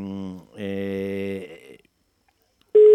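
A mobile phone ringtone plays as rich, steady electronic tones: a short burst, then a longer one, a pause of silence, and a sharp, louder tone cutting in at the end.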